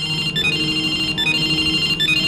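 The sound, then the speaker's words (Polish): A phone rings with an incoming call shown on its display as coming from a father, a repeating electronic ringtone, bright high tones pulsing in a steady pattern over a low background hum, with no one speaking. “Tato, to ty dzwonisz? Widzę, bo się wyświetla, że to ty.”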